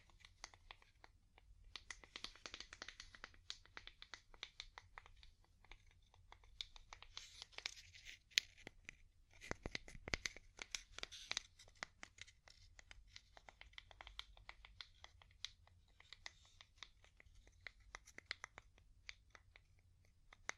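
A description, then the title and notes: Wood tapping in quick, irregular clusters of short, dry clicks, fairly dense throughout with brief pauses between bursts. A slightly heavier knock lands near ten seconds. A faint low hum stays underneath the whole time. ASMR Calming Wood Tapping (No Talking).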